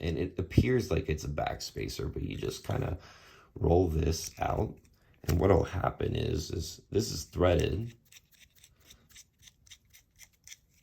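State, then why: Released. Someone talks while unscrewing the threaded, rolling back-spacer from the frame of an Avian Knives Atlas, a tool-less takedown 2.5 oz EDC flipper folding knife. Once the talking stops, faint scratchy turning clicks follow as the spacer rolls out. At 10.5 s a short pop marks the spacer coming free, all the way out.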